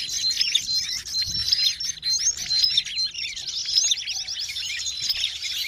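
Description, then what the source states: Birds in a dense chattering chorus, many high, thin chirps and short twittering notes overlapping continuously without pause. A noisy mass of birds, used as a lure ('pikat') for catching birds.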